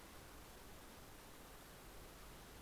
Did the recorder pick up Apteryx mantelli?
no